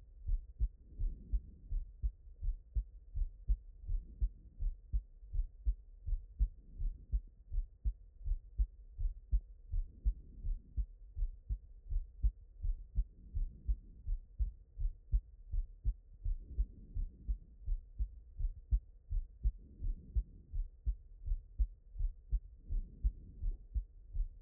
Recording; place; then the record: heart sounds by stethoscope; pulmonary valve (PV)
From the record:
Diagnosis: non-HFrEF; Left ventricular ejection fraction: 50%